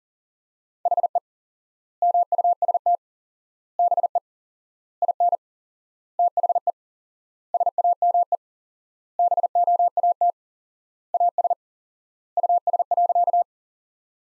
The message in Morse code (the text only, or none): HE MUST BE IN THE SAME BOAT AS US.